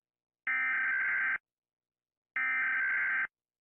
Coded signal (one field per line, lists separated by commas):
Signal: Emergency Alert System (SAME) tones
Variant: header bursts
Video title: Deleted Scene From Foxy Rates EAS Alarms Part 8 That Didnt Make The Cut